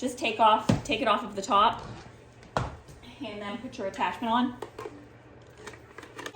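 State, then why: Seated. Someone talks while the main body of a Linkifly cordless vacuum cleaner is taken off the top and a plastic attachment tool is pushed onto it. A few small handling knocks come first, then a sharp, loud snap at 6.3 s as the attachment seats in place.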